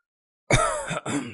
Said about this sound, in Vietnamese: Trong một gian phòng truyền ra tiếng ho khan.